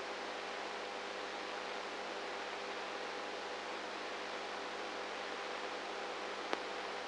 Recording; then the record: brain microelectrode recording played as sound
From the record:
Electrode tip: inside the subthalamic nucleus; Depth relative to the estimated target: -4 mm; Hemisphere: right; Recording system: NeuroSet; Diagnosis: Parkinson's disease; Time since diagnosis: 19 years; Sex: female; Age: 58 years